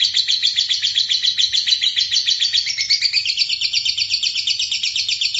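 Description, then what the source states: Bird song, a dense nonstop stream of high, scratchy, chattering notes pulsing several times a second, with no pauses throughout. Masteran training.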